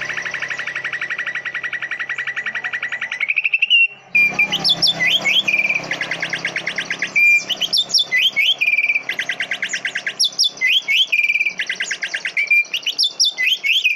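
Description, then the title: Leafbird song: a steady, rapid chattering trill, then loud rising upslurred notes alternating with fast buzzy trills, repeated in several bursts. "CUCAK IJO"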